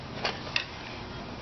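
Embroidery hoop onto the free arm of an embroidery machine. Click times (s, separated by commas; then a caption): 0.6 s. An embroidery hoop is slid under the little arms of the free-arm embroidery unit on a Baby Lock Alliance embroidery machine and pushed until it snaps into place. A softer knock at 0.3 s is followed by a sharp snap at 0.6 s, against a steady low background hum. The hoop is seated on the free arm.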